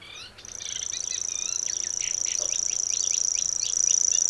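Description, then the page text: Common grasshopper warbler starting its reel after half a second, then a steady high trill that grows louder, over repeated chirps of another bird. Song, recorded at Bebertal, Germany, labelled 080727, during the Singwarte nature sound recording camp near Süplingen and Magdeburg. "cgrasshw locustella naevia. Singwarte nature sound recording camp – Patrick Franke. Süplingen near Magdeburg, East-Germany"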